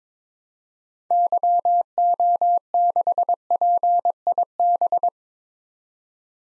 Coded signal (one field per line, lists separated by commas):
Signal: Morse code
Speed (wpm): 22 wpm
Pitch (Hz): 700 Hz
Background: none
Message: YO6PIB